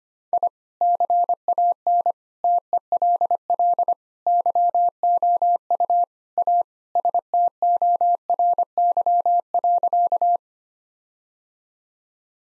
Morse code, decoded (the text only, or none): I CAN TELL YOU A STORY.